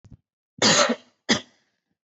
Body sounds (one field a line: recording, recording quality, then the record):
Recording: heavy voluntary cough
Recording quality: excellent, no background noise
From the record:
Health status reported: recovered from COVID-19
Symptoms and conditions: cough, cold, fatigue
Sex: female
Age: 20 years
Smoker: not ticked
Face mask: worn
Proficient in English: yes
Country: India